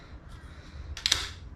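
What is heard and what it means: Two sections of an inflatable stand-up paddle board's paddle shaft are pushed together over a low background rumble, with a short rush of noise at 1.0 s. Two sharp clicks follow close together at about 1.1 s as the spring button engages. The shaft section is seated in the paddle shaft.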